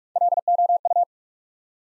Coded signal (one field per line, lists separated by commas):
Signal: Morse code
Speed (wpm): 41 wpm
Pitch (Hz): 700 Hz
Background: none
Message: LOU